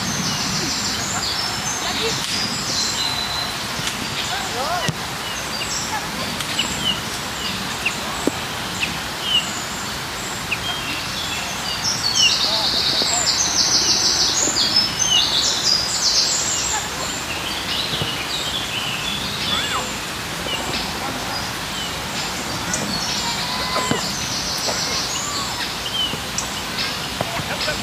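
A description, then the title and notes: In the park, a steady outdoor hum carries scattered voices and frequent bird chirps, with a brighter burst of high chirping midway through. IN THE PARK. We took a walk in our favorite park and figured, that this would be the perfect soundscape! Surrounded by trees, sitting down in the shade and simply letting time pass by.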